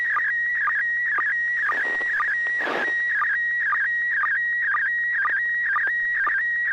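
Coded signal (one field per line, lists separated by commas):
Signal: SSTV (slow-scan television)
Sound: steady warbling high tone with quick low chirps about twice a second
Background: low hum, brief noise burst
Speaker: i got a very clear of uh your yard andres i'm sorry to say that somebody's been spray painting graffiti on your fence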